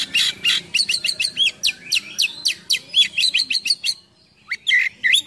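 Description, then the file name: Oriental magpie-robin song: rapid stream of sharp whistled and chipping notes for four seconds, a short pause, then clear upslurred whistles. Full song with many imitated phrases (gacor, full isian), described as luxurious. "KACER GACOR FULL ISIAN MEWAH"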